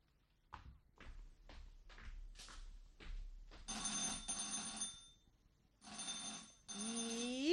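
An old home telephone bell rings in long, loud metallic bursts with a brief pause between them, preceded by a series of light, rhythmic tapping knocks.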